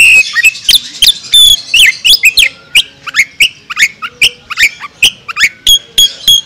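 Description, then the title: Oriental magpie-robin singing a rapid, varied song of sharp whistled and chattering notes, many sweeping up and down, about three a second. National champion songbird, named Bintang Sektor. "Bintang Sektor Kacer"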